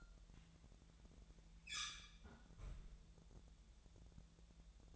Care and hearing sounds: daily activity, microphone in the room; close fridge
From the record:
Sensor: 3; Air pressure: 1000.1 hPa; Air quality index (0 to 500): 130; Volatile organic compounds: 2 ppm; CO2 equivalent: 1156 ppm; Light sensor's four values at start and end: 42/107/45/50 and 42/107/45/50

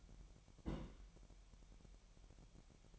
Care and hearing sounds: daily activity, microphone in the room; place on stove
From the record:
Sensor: 1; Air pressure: 1012.1 hPa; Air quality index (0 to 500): 223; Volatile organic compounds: 5 ppm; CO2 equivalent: 1779 ppm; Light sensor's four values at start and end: 74/174/74/79 and 74/174/74/79

